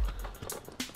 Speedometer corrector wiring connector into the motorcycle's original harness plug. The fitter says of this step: hop ça fait clic c'est dans la boîte hop